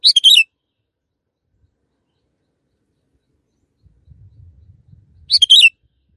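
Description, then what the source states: Canary song, two short high chirpy phrases about five seconds apart, with a faint low rumble just before the second. Long canary song used as master audio for training birds.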